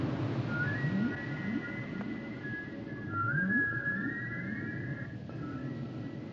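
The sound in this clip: Whale song of long drawn-out high whistles, some slowly rising, with short low upswept calls repeating underneath and steady background noise.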